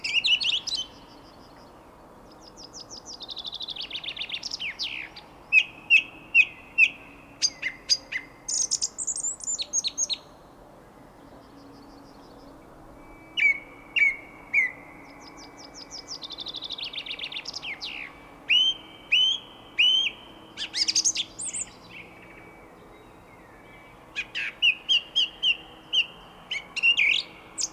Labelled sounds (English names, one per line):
Song Thrush song